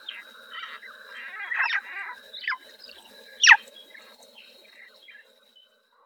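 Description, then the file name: Swinhoe's frog chirps: short, sharp notes sweeping steeply downward, a few spaced about a second apart and then a louder single chirp, over steady high tonal hums in the background. "Rana swinhoana"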